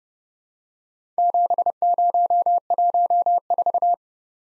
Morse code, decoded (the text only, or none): 7014